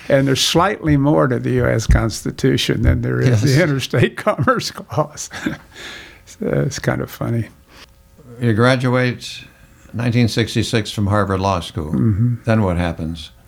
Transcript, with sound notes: and there's slightly more to the US Constitution than there is the Interstate Commerce Clause. (Laughing) It's kind of funny.
You graduate in 1966 from Harvard Law School, then what happens?